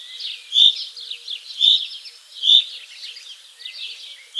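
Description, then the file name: Common chaffinch calls, a few short bright chirps. "Fringilla coelebs"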